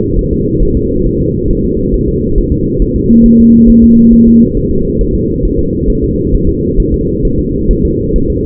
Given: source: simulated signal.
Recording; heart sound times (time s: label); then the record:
fetal heart sounds
0.19 s: S1
0.33 s: S2
0.63 s: S1
0.77 s: S2
1.06 s: S1
1.21 s: S2
1.50 s: S1
1.65 s: S2
1.94 s: S1
2.08 s: S2
2.38 s: S1
2.52 s: S2
2.82 s: S1
2.96 s: S2
3.26 s: S1
3.40 s: S2
3.70 s: S1
3.84 s: S2
4.14 s: S1
4.28 s: S2
4.57 s: S1
4.71 s: S2
5.01 s: S1
5.15 s: S2
5.45 s: S1
5.59 s: S2
5.90 s: S1
6.04 s: S2
6.34 s: S1
6.49 s: S2
6.80 s: S1
6.94 s: S2
7.25 s: S1
7.39 s: S2
7.71 s: S1
7.85 s: S2
8.16 s: S1
8.30 s: S2
From the record:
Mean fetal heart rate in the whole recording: 135 bpm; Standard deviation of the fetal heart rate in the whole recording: 3 bpm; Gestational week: 36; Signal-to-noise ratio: -15.3 dB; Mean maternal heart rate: 72 bpm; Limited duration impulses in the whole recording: present